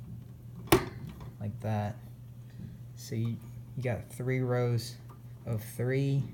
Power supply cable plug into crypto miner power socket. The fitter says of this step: then just should click right in like